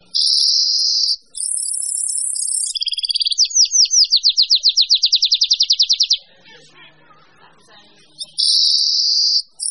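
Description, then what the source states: Bird song: shrill sustained high trills, then a rapid run of many repeated sweeping notes, a short lull with faint chatter, and the shrill trill again. Mixed birds.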